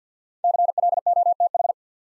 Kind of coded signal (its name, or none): Morse code